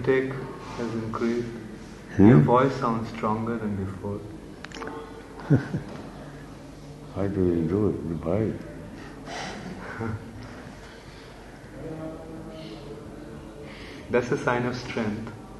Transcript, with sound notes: Your intake has increased. Your voice sounds stronger than before.
[laughs] What you will do with the voice?
That's a sign of strength.